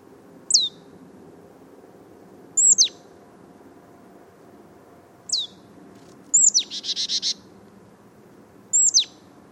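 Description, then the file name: Marsh tit with thin, high, downward-sweeping notes repeated every couple of seconds, one run into a quick buzzy series of notes. "Poecile palustris"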